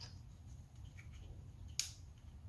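The last electrical connector is pushed onto an ignition coil on a 2003–2008 Toyota Corolla and snaps in with one sharp click at 1.8 s. A faint tick at 1.0 s sits over a low, steady hum. The connector is seated.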